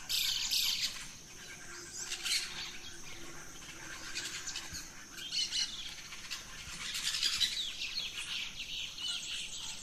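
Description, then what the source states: Birds in a dawn chorus, many high chirps and trills overlapping, louder bursts near the start and again after seven seconds, over a steady high insect hum. Dawn chorus of rainforest birds, Gran Sabana, Venezuela.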